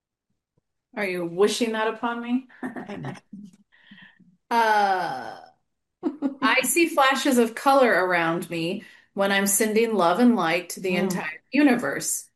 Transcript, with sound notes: Are you wishing that upon me? (laughs) Uh-
(laughs) "I see flashes of color around me when I'm sending love and light to the entire universe.